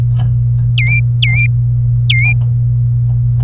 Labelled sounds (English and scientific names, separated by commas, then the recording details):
Domestic Canary (Serinus canaria) song
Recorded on 27 April 2018 at 10:52
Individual llb3